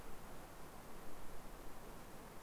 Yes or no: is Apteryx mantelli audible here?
no